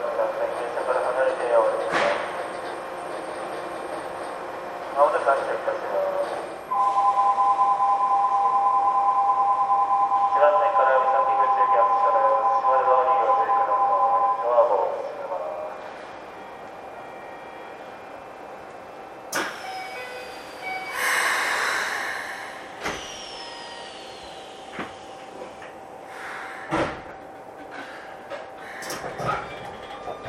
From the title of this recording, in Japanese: 京急新1000形(アルミ車) 横浜〜三崎口